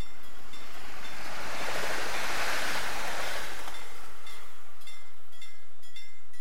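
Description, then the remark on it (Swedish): A train rushes past Torsåker station at full speed without stopping: a broad, hissing roar swells to a peak over a couple of seconds, then fades away, leaving faint rattling clicks behind. “plötsligt kom tåget. men det stannade inte.”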